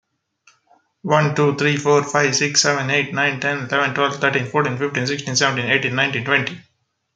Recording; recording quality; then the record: counting at a fast pace; excellent, no background noise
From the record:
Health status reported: healthy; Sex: male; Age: 35 years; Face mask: not worn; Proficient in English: yes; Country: India